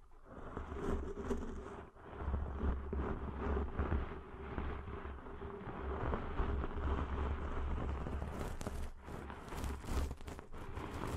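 Ear cleaning sounds: dense, continuous scratching and rubbing with a low steady rumble underneath, brief dips near 2 and 9 seconds.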